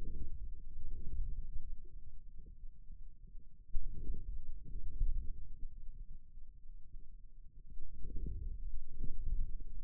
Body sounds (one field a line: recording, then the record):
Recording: forearm muscle sounds (acoustic myography)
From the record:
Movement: inward rotation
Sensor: system 2, bracelet of six BSWA MPA416 microphones around the upper forearm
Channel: 1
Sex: male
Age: 22 years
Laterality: right